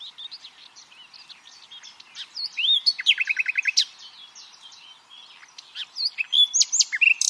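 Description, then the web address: Common nightingale song: varied whistles and chirps with a short rapid trill of repeated notes in the middle, then a busy run of sharp high notes. "pub SETE data Luscinia megarhynchos"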